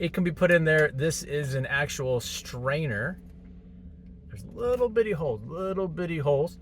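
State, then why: Not seated. A fine-mesh tea strainer basket with tiny holes is handled over a portable electric kettle while someone talks, with a quieter pause in the middle. No sharp hit is heard. The strainer has not snapped into the kettle yet, and nothing has seated or clicked.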